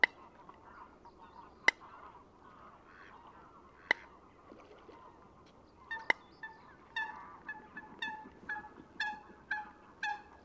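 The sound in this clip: Eurasian coot giving faint calls, then a series of nasal, honking calls in the second half; a few sharp clicks earlier.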